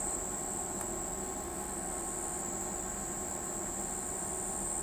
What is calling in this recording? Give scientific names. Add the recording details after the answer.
none. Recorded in pastures near Pivijay, Magdalena, Colombia, on 15 April 2023 at 03:00. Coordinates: 10.456, -74.369. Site P6-G026